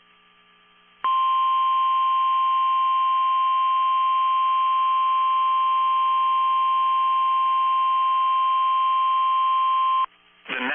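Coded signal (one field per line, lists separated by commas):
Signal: Emergency Alert System (SAME) tones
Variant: 1050 Hz attention tone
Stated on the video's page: NOAA Weather Radio broadcast of a Snow Squall Warning for central Pennsylvania counties.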